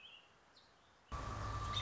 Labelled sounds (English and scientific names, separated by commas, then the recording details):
American Robin (Turdus migratorius)
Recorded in Sonoma County, California